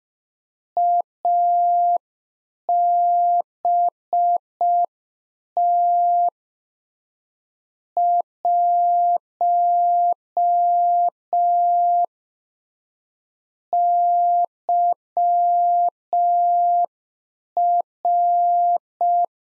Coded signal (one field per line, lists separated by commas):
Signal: Morse code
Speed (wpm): 5 wpm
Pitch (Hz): 700 Hz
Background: none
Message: ABT 1 YR